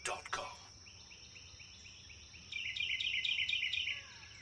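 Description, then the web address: Birds chirping: a brief rough noise at the start, a run of soft repeated arched notes, then a burst of rapid high twittering over a quiet background hum. Forest birds chirping. "sound-effects-bible Forest Birds Chirp"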